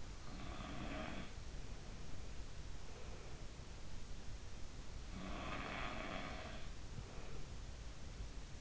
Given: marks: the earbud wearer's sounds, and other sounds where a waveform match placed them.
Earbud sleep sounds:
sounds in sleep by an in-ear microphone; breath
0.00-1.55 s: sound from someone else or the room
2.70-3.69 s: breath
5.11-6.66 s: sound from someone else or the room

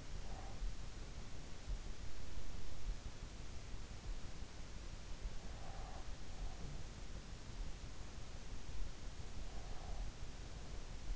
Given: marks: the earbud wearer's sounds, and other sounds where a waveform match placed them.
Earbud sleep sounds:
sounds in sleep by an in-ear microphone; breath
0.00-0.80 s: breath
5.28-7.14 s: breath
9.22-11.16 s: breath

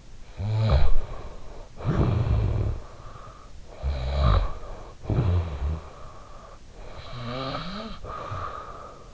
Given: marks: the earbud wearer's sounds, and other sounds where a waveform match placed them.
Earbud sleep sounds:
sounds in sleep by an in-ear microphone; snoring breath
0.29-3.44 s: snoring breath
3.54-6.59 s: snoring breath
6.72-9.14 s: snoring breath

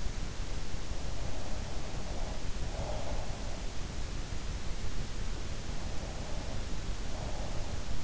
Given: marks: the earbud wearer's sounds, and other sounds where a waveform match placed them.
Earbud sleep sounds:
sounds in sleep by an in-ear microphone; breath
1.26-3.33 s: breath
5.97-8.04 s: breath

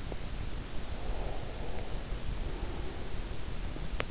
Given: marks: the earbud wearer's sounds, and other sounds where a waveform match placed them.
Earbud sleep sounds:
sounds in sleep by an in-ear microphone; breath
0.86-3.40 s: breath

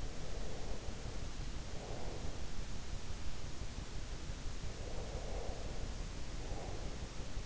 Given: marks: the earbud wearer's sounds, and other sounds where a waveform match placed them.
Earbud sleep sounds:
sounds in sleep by an in-ear microphone; breath
0.00-2.71 s: breath
4.89-7.20 s: breath

